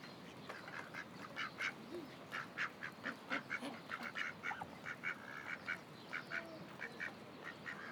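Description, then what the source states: Ducks quacking in a series of short, nasal calls, several per second at times, with a few lower calls mixed in. Ducks at Lagoa das Furnas; binaural.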